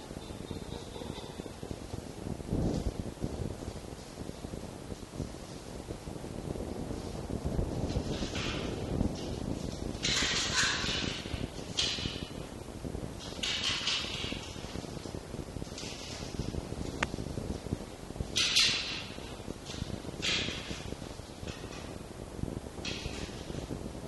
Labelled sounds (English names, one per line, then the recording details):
Red Fox
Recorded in captivity
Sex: male
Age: juvenile
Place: Zoologisches Institut der HUB, Berlin, DE
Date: 1954-06-04 18:20
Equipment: Elmetra
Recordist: Tembrock, Günter